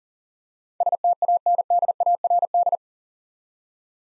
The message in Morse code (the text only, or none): STANDARD